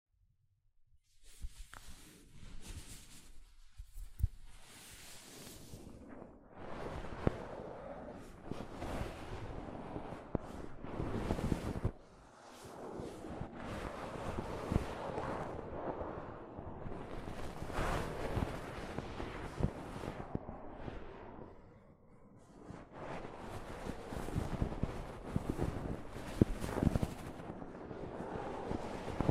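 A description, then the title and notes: Soft fabric brushes and rubs against a microphone, producing dense, rumbling rustles that swell and fade in uneven strokes. After a near-silent first second, the scraping runs almost continuously, with brief dips around 5, 12 and 22 seconds and occasional sharper crackles. ASMR Mic Brushing using Soft Fabric (No Talking).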